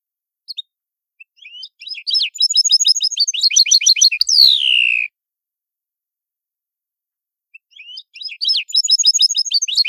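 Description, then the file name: European goldfinch song, bright twittering phrases of rapid high notes and trills, ending in a long descending buzzy note, then a pause before the song resumes. Neapolitan goldfinch song style. "Cardellino Napoletano"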